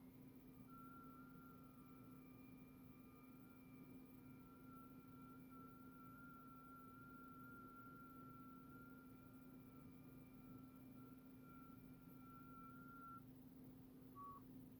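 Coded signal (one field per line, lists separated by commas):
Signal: FT8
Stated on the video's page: FT8 on 80 meters overnight from the west coast working Asia and North America, IC-7610 with WSJT-X, 160 meter loop antenna at 100 feet.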